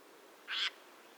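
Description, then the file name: Eurasian jay uttering a single brief, harsh, noisy screech against a quiet background. "Garrulus glandarius"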